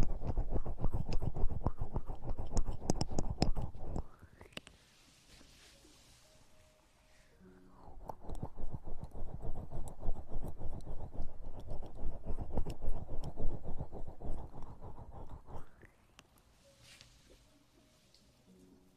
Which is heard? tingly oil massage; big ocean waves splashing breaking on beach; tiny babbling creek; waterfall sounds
tingly oil massage